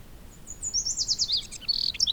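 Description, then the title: Bird chirps, a run of high, thin notes in quick succession, some sliding downward, with a brief pause and then a sharper burst of chips near the end. "neoscenes: birds"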